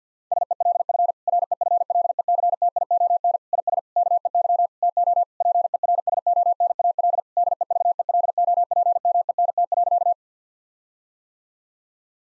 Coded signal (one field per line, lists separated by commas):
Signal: Morse code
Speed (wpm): 49 wpm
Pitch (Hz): 700 Hz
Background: none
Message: SELF REFLECTION IS KEY TO PERSONAL DEVELOPMENT.